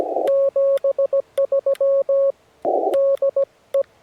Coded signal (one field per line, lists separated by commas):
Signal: Morse code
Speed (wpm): 17 wpm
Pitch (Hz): 550 Hz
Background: none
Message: 73 DE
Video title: Am I Ready To Run CW On Field Day?